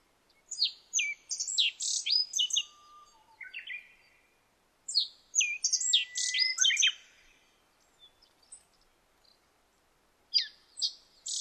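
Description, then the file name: Black-faced bunting song, two bursts of quick high chirping phrases with sliding notes, a short pause between them, a third burst starting at the end, and faint low whistles. Recorded 26 July 2009 at 06:47. "aoji-20090726-0647"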